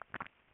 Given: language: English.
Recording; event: throat vibration sensor signal played as sound; swallow